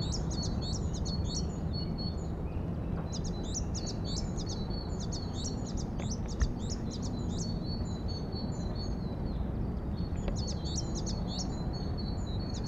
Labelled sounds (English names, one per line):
Eurasian Blue Tit